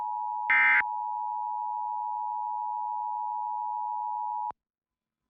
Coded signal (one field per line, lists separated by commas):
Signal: Emergency Alert System (SAME) tones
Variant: 853 and 960 Hz attention tone